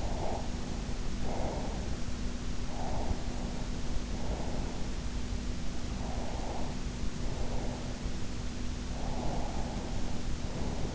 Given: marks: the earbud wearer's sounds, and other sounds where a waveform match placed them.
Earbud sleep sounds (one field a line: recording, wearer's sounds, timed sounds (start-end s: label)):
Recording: sounds in sleep by an in-ear microphone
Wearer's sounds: breath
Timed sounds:
0.00-1.98 s: breath
2.69-4.79 s: breath
6.07-7.94 s: breath
9.03-10.95 s: breath